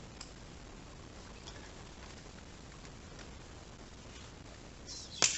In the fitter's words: Push it in right there, you hear a click, push the yellow plastic piece in, locks it in place.